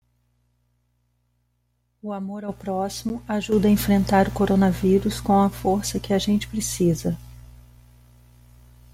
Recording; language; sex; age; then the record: spoken sentence; Brazilian Portuguese; female; 40 to 49 years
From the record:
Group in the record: control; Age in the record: 45 years